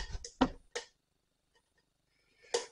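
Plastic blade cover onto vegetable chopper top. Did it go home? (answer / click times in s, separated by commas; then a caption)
no / none. A small plastic blade cover is pushed onto the top of a cheap vegetable chopper, giving a few knocks and rattles near the start and another plastic knock at about 2.5 seconds. The cover does not click into place; nothing has seated or clicked yet, since it doesn't go in straight away and seems to fit the other way around.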